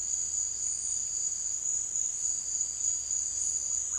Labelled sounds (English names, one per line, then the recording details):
none
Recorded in secondary vegetation near Puerto Asís, Putumayo, Colombia, on 25 June 2025 at 16:00
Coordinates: 0.485, -76.322
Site GP06